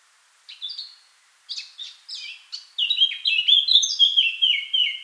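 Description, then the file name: Eurasian blackcap singing: quiet, chattering twitters separated by short pauses, then bursting into a rich, loud whistled warble that flows on without a break. "Sylvia atricapilla"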